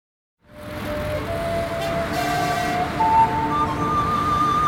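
A car engine starts up and roars steadily, loud and full-bodied, with a whining tone that climbs in pitch as it revs. No voices are heard.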